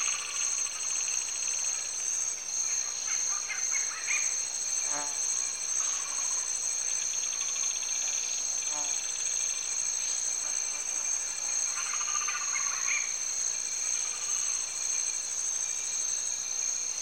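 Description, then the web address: Insects hold a constant piercing high whine throughout, with a few other scattered calls and two short ticking series over it. Recorded in Cameroon, Africa. "BBC Sound Effects Library. Cameroun, Turaco Birds, Insects"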